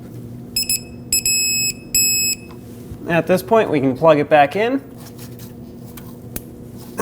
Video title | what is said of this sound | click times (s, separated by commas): How to Replace Crankshaft Position Sensor 2009-2015 Honda Pilot | There we go. Make sure it clicks. | 6.4 s